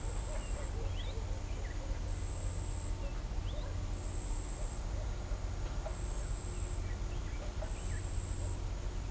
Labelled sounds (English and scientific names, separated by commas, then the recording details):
none
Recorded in shrubland near Pivijay, Magdalena, Colombia, on 1 June 2023 at 09:30
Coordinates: 10.453, -74.365
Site P5-G022